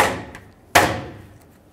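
A front license plate bracket is lined up with two slots in a plastic air dam and tapped in, with a faint tap at 0.3 s and a sharp, loud click at 0.8 s as it snaps into place. The bracket is then hooked onto the top and is confirmed secure.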